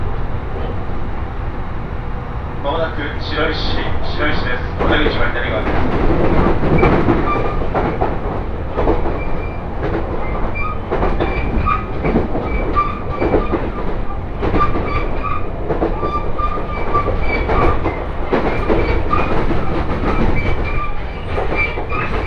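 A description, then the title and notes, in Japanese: A train ride recorded on board, with a loud, steady rumble of the cars running over the rails and regular clacks from the track. Early on, around the fourth second, a string of high squeals rings out, and later a faint whining tone hums along underneath. 鉄道旅 東北本線 福島→北白川。列車はこの途中で福島県から宮城県へと入っていきます。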